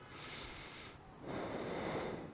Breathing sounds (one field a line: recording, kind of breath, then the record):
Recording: one breath in and out by a microphone near the nose and mouth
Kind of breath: normal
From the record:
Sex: male